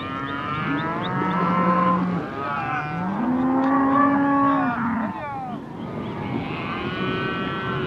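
Cows lowing, long moos overlapping, one rising and holding steady before dropping away, followed by further softer moos.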